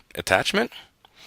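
Plastic push pins holding a pamphlet holder are being pressed into a plastic dangler data strip attachment while someone talks. Nothing has seated or clicked into place yet.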